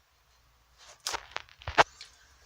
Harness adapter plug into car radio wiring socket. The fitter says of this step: the plug in then it goes one way around lock there's a click